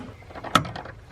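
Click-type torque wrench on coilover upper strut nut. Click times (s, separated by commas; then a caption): 0.6 s. A Harbor Freight click-type torque wrench tightening the upper strut nut on a Tein Flex Z coilover for an NA Miata gives a sharp, bright click at 0.6 s, with softer taps after it. The click confirms the nut has reached the set 30 ft-lb.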